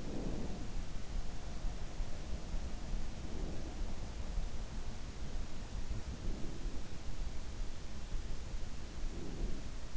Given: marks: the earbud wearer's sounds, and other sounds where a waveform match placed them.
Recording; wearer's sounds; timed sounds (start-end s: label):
sounds in sleep by an in-ear microphone; breath
0.00-0.69 s: breath
3.15-3.91 s: breath
6.09-6.95 s: breath
9.12-9.85 s: breath